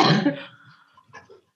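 A single loud, harsh cough burst from a woman in her 20s who is sick, living in Vietnam, opens the clip and fades over about half a second. A faint vocal sound follows, then quiet. It is an ordinary acute cough.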